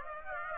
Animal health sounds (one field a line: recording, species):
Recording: mosquito wingbeat signal from an infrared sensor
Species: Aedes aegypti